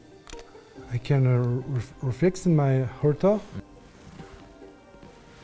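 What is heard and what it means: A watchmaker handles the oscillating weight (rotor) to refit it onto a watch movement that has already been clamped into its case. Two faint sharp ticks come at about 0.3 and 0.4 s, then someone talks over quiet handling noise. The rotor has not seated or clicked into place yet.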